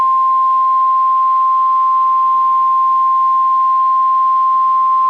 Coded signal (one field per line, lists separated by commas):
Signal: Emergency Alert System (SAME) tones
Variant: 1050 Hz attention tone